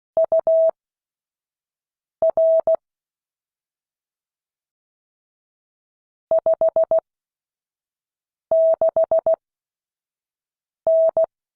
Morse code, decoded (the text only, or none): UR 56N